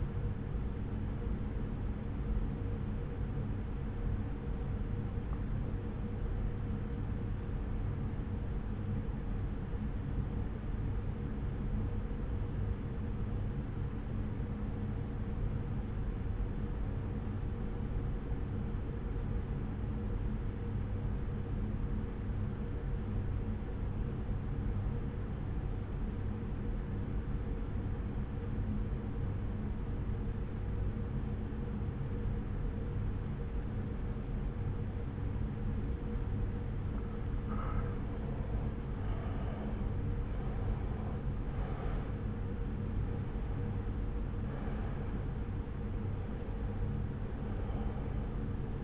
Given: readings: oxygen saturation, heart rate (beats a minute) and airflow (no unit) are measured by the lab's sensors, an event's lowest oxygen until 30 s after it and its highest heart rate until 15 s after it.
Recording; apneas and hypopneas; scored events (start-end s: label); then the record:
breathing in sleep by a smartphone at the bedside; 1
5.00-39.00 s: obstructive apnea (N1, oxygen 93% highest, then 84% lowest)
From the record:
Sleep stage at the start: N1 (lightest sleep); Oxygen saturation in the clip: 87 to 93%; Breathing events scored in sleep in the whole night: 303 in 8.1 hours asleep